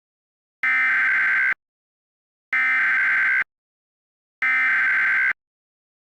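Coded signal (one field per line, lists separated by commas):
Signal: Emergency Alert System (SAME) tones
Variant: header bursts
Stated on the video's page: Simulated EAS alert made in Audacity with macros and plugins; page warns the tones are valid.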